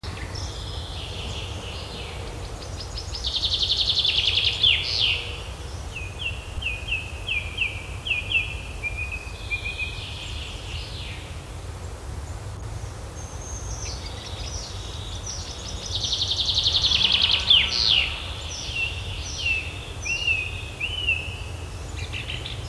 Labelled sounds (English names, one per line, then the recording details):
Common Chaffinch song
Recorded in the wild
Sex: male
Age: adult
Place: Schloß Holte-Stukenbrock, Senne, Nordrhein-Westfalen, DE
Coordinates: 51.87, 8.66556
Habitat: farm
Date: 1973
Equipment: Uher 4200 Report Stereo, Bändchenmikro Beyer M 260, Parabolspiegel Polyester (600 mm)
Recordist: Conrads, Klaus
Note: Hof Benteler (Furlbach-Gebiet). Männchen: Gesang (Buchfink 61-19 - Bezeichnung des Autors). Ungenaue Datumsangabe: 15. bis 20.06.1973